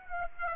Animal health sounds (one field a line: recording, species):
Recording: mosquito wingbeat signal from an infrared sensor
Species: Aedes aegypti